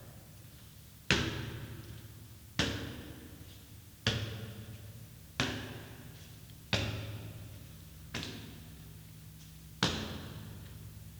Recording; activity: daily activity, guitar pickup as the sensor; go upstairs